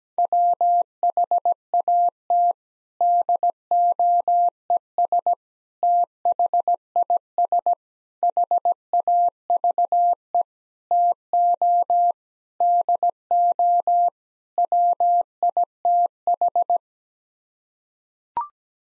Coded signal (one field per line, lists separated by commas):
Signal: Morse code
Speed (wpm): 17 wpm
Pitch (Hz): 700 Hz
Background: none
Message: WHAT DOES THIS HAVE TO DO WITH